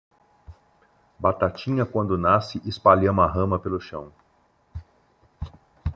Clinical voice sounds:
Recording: short text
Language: Brazilian Portuguese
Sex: male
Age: 50 to 59 years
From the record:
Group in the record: control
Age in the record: 53 years

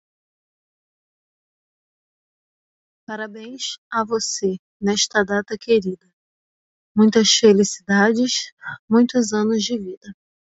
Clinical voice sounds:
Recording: short text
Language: Brazilian Portuguese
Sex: male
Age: 30 to 39 years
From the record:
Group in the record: control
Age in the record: 36 years

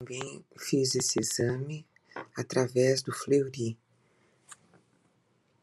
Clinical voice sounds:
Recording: short text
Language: Brazilian Portuguese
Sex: female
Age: 60 to 69 years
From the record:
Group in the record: control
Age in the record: 66 years

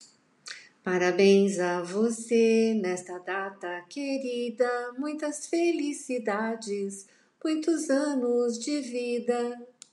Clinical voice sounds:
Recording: short text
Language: Brazilian Portuguese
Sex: female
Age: 60 to 69 years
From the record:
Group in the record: control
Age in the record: 65 years

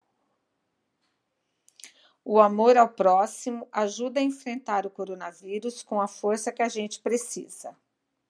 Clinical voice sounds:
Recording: spoken sentence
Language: Brazilian Portuguese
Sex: female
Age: 50 to 59 years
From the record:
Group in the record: control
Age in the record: 55 years

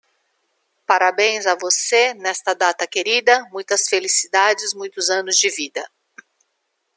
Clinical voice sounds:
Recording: short text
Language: Brazilian Portuguese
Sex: female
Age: 50 to 59 years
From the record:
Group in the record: control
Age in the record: 55 years

